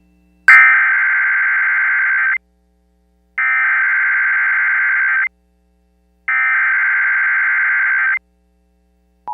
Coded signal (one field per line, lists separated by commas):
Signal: Emergency Alert System (SAME) tones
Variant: header bursts